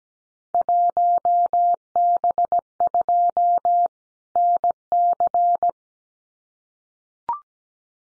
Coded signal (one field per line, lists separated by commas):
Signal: Morse code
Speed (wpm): 17 wpm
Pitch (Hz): 700 Hz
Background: none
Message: 1B2 NC